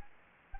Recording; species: mosquito wingbeat signal from an infrared sensor; Anopheles gambiae